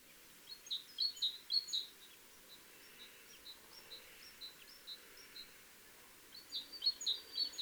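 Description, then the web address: Great tit: high, quick repeated bird notes in short bursts over a steady background hiss, fading between the louder groups. "SETE Parus major"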